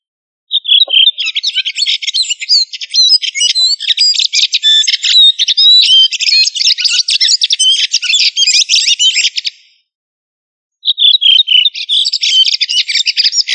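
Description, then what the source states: Thrush delivering a long, dense, high-pitched warble of mixed chirps, trills and whistles, then a brief pause and a new phrase starting with descending whistles. Thrush of the family Turdidae, called sabiá.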